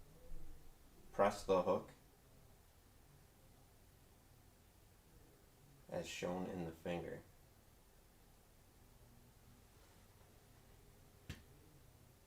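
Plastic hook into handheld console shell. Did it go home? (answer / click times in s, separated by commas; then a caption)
yes / 11.3 s. Someone talks while a finger presses a plastic hook into an Odroid Go Advance handheld console shell. After a quiet stretch, a single short, sharp snap is heard at 11.3 s as the hook seats.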